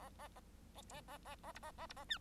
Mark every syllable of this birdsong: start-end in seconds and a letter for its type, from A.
0.75-0.82 A, 0.91-1.01 A, 1.08-1.18 A, 1.25-1.35 A, 1.43-1.52 A, 1.54-1.59 B, 1.62-1.71 A, 1.78-1.87 A, 1.89-1.94 B, 1.96-2.05 A, 2.08-2.18 C